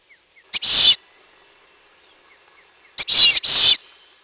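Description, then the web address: Fulvous whistling-duck giving loud whistles, a short sharp note then a longer wheezy whistle, heard once early and again near the end with a second long whistle. "Peterson North American Birds. fuwd"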